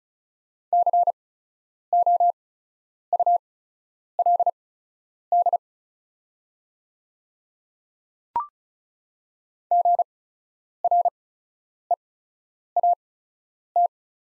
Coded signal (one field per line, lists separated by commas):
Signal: Morse code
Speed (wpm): 36 wpm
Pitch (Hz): 700 Hz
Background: none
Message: COULD GREAT